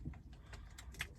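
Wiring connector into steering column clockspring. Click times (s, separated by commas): 1.0 s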